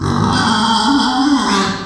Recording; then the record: squeal of a Yucatan mini pig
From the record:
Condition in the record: after surgery on the right vocal fold (resection and tissue-engineered implant); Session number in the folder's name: 16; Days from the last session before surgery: 183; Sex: female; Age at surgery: 19 weeks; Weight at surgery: 25 kg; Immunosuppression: prednisolone